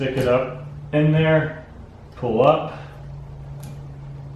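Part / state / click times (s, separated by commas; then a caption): wiper blade clip onto wiper arm hook / seated / 3.6 s. On a Saab 9-3, the plastic clip of a new windshield wiper blade is pulled up onto the hooked metal wiper arm. Someone talks, and then one short click is heard at 3.6 s as the clip seats onto the arm.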